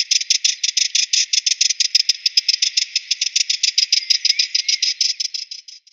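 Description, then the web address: Sardinian warbler giving a dry, scolding rattle of rapid clicks, running steadily and fading out at the end. "Schulze Peter Sardinian Warbler"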